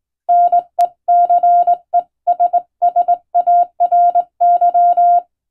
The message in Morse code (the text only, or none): NECESSARY